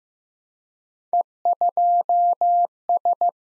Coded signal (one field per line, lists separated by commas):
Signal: Morse code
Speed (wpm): 15 wpm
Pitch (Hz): 700 Hz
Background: none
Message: E2S